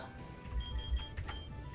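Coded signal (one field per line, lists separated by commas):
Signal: none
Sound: a game's menu beeps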